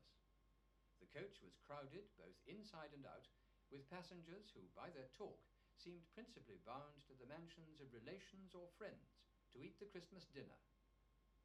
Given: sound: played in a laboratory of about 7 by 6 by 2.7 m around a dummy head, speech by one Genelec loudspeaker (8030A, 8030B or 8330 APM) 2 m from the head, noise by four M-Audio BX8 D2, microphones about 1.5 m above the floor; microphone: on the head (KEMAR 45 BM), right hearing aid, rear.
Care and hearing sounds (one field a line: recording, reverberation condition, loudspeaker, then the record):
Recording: male speech in English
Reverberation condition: low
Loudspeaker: 90 degrees to the right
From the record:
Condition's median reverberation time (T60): about 310 ms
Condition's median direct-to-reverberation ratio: about 3.5 dB